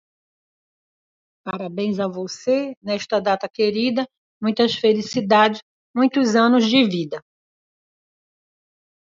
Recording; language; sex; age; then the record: short text; Brazilian Portuguese; female; 60 to 69 years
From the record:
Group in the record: control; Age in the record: 61 years